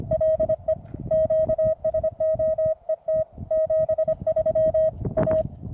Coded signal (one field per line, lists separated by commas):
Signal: Morse code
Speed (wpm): 25 wpm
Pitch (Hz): 630 Hz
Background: none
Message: LE QSO ET 73 A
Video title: Calling UFOs With Morse Code au Plateau du Caussols.